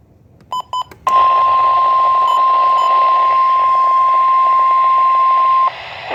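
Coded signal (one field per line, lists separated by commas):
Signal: Emergency Alert System (SAME) tones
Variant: 1050 Hz attention tone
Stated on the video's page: EAS alerts from 2023 in Michigan, captured from a NOAA weather radio.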